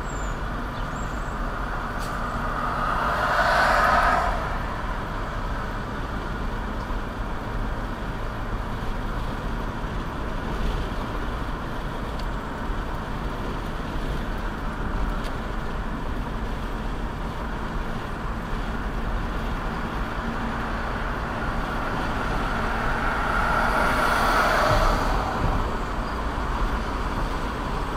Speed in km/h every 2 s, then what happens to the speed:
61, 61, 63, 64, 68, 68, 68, 68, 69, 69, 71, 72, 72, 69.
0-28 speeds up to 69.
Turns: none.